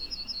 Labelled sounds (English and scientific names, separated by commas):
Yellowhammer (Emberiza citrinella) song